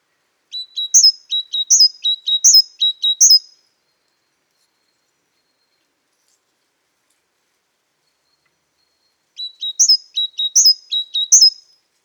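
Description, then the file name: Great tit: two bouts of rapidly repeated high whistled and down-slurred notes, each lasting two to three seconds, separated by a long silence. "Parus major"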